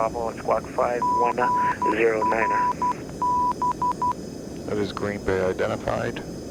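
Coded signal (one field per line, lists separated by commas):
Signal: Morse code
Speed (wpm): 12 wpm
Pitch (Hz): 990 Hz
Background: speech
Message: GRB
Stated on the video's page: Heard during a VATSIM virtual air traffic simulation general aviation flight from Milwaukee to Green Bay, flown from a home cockpit.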